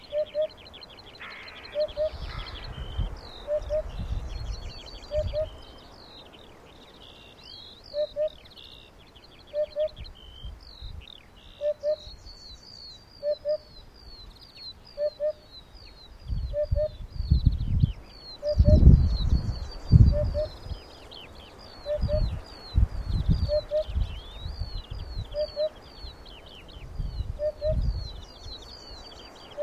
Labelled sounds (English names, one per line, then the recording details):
Eurasian Hoopoe
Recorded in the wild
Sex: male
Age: adult
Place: NSG Schönower Heide, Naturpark Barnim, Brandenburg, DE
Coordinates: 52.6864, 13.5175
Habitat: meadow
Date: 2011-05-22
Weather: sunny, 15°C, weak easterly winds
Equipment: Sound Devices 702, Sennheiser MKH 70, Rycote Windschutz
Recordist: Frommolt, Karl-Heinz